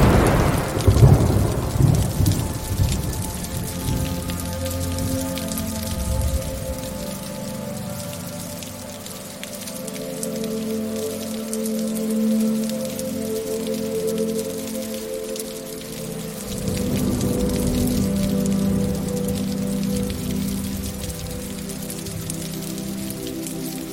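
Steady, dense pitter-patter of raindrops ticks across the top while low, sustained ringing tones hum underneath, swelling again around sixteen seconds.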